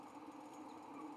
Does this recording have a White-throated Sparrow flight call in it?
no